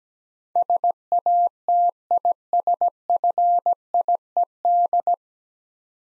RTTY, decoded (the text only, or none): none